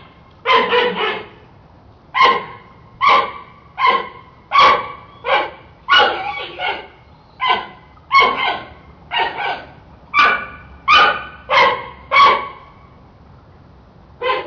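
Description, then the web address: Panda squeals, a fast run of many short harmonic cries repeated roughly every half second to second, some doubled, with a quiet background. Squealing panda, described as trying to say something. "som de panda a tentar dizer algo a guinchar"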